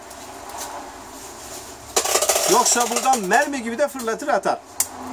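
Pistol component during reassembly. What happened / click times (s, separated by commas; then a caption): The metal part is being handled and has not yet seated / none. A SIG Sauer .45 ACP Super Target pistol is being reassembled, with a spring-loaded part pressed into place by hand because it can shoot out. After a quiet start, a sharp metallic knock and handling clatter begin at about 2.0 s while someone talks. Nothing has seated yet by the end of the clip.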